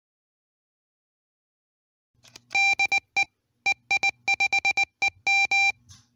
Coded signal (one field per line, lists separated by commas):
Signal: Morse code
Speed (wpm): 20 wpm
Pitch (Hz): 2350 Hz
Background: none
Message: DE EI5EM